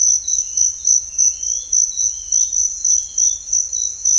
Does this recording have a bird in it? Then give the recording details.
yes. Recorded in secondary vegetation near Puerto Asís, Putumayo, Colombia, on 28 February 2025 at 06:30. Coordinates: 0.484, -76.319. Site G010